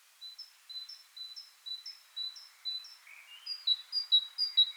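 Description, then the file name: Great tit song, softer two-note phrases repeated at first, then a louder, stronger burst of the same seesawing high-low pattern with a short warble between. "Parus major"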